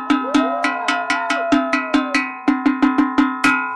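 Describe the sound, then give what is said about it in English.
A small bell is struck over and over in a quick, slightly uneven rhythm, each clang bright and metallic with a ringing tone that carries into the next hit. No one speaks. “She's gonna probably come in with a little bell.”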